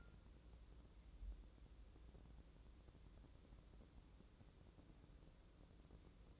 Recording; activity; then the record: daily activity, microphone in the room; wipe stove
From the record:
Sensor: 3